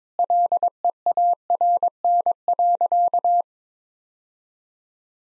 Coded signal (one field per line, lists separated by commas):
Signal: Morse code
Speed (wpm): 22 wpm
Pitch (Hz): 700 Hz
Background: none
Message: LEARN.